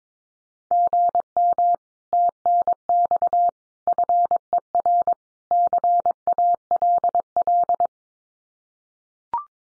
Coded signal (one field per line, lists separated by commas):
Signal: Morse code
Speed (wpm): 22 wpm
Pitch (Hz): 700 Hz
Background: none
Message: GM TNX FER CALL